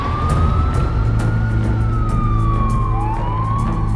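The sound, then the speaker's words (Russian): A police car siren wails in a slow, rising and falling tone as the car pulls up in front of an electricity company building, over a steady low rumble of traffic and engine noise, loud and continuous without any voices. “Бородач наблюдает из машины, как полицейский автомобиль останавливается перед зданием электрокомпании.”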